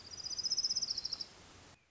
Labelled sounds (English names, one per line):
Orange-crowned Warbler